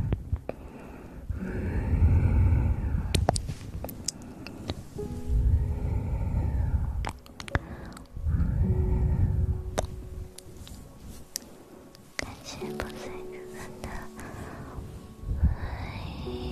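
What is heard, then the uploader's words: Mouth sounds: low breathy rumbles and hums swell in three bursts in the first ten seconds, each with a rising and falling vowel-like shape. Sharp wet clicks and pops punctuate the gaps, and faint sustained tones drift through the quieter second half. Mouth Sounds Triggers.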